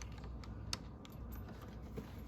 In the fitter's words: this just pops in you'll hear it click there we go